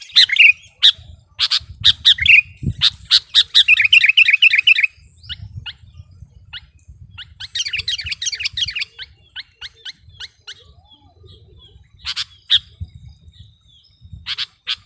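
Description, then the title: Sooty-headed bulbul song: harsh, squawky chattering bursts early, followed by scattered sharp chirps and short phrases with gaps between them. "kutilang"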